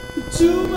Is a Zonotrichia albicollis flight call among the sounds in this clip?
no